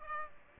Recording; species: mosquito wingbeat signal from an infrared sensor; Aedes aegypti